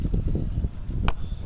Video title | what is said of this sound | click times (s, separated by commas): How to change engine oil in ktm duke/rc 390 (using motul 300v) performance increase 😱!!! | uh it's and you heard the tuck sound right so that means that it is inside | 1.1 s